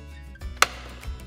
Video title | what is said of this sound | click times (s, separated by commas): Greenworks Go Kart - Operator Guide | push them in firmly when they are properly inserted you will hear a click | 0.6 s